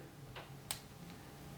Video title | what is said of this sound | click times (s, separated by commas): Jewelry for sale! Pewter brooch, wolf brooch, art nouveau, 14k yellow gold bracelet, watch | and it snaps into place. | 0.7 s